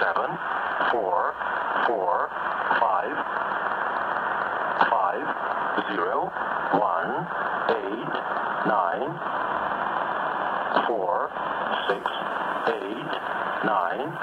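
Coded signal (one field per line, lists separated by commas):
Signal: numbers station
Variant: E07 English Man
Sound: male voice reading digits in English, evenly spaced, over radio static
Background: radio static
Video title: Number Station "E07 English Man" from Moscow - strong and clear signal at 13417 kHz - SWL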